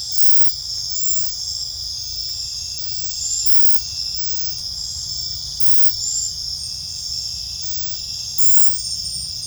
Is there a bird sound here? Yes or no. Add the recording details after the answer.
no. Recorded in secondary vegetation near Puerto Asís, Putumayo, Colombia, on 18 December 2024 at 21:30. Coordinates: 0.499, -76.323. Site G010